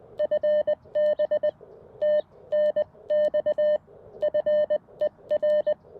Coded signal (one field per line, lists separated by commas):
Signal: Morse code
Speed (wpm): 20 wpm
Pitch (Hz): 600 Hz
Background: none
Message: FB TNX FER